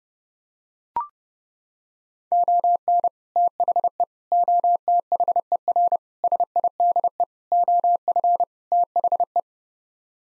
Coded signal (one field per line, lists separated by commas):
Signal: Morse code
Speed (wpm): 32 wpm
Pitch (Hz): 700 Hz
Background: none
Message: ON THE OTHER SIDE OF THE